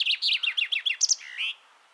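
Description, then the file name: Common chaffinch song ending: several falling, slurred notes, two high sharp chips, then a drawn-out terminal flourish before silence. "Fringilla coelebs"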